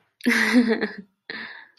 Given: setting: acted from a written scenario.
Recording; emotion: vocal sound without words; romantic love